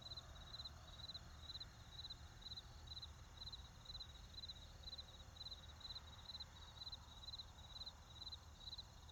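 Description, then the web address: Cricket chirping in short, high, even pulses over a steady low rumble of road traffic. Crickets with a road and forest in the background. "Debarup Travel Films - Crickets with Road and Forest"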